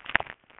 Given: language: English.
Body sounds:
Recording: throat vibration sensor signal played as sound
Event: swallow

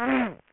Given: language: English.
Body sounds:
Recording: throat vibration sensor signal played as sound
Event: throat clearing

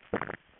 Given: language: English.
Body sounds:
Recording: throat vibration sensor signal played as sound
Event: swallow

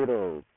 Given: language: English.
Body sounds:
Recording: throat vibration sensor signal played as sound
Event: speech

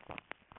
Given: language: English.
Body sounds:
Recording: throat vibration sensor signal played as sound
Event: swallow

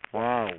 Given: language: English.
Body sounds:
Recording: throat vibration sensor signal played as sound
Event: speech

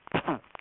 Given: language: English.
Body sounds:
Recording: throat vibration sensor signal played as sound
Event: cough

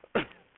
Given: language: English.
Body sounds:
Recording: throat vibration sensor signal played as sound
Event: cough

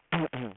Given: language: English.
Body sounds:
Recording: throat vibration sensor signal played as sound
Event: throat clearing

